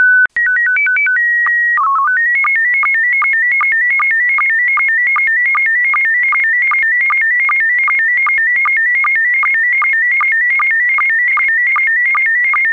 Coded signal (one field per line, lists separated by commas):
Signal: SSTV (slow-scan television)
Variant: PD 50